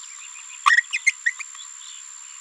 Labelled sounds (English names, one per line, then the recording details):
Green-rumped Parrotlet babbling
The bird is a female
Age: 27 days
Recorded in a nest box in Venezuela
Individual 17B73B2